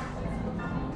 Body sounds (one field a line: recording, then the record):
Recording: background sound without coughing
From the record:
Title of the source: 60 minutes of coffee shop sounds for study and concentration